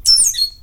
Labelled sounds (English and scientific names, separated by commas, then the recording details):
Stitchbird (Notiomystis cincta) song
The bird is a male
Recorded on Tiritiri Matangi Island, New Zealand, in 2005
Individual 22, of nest box 31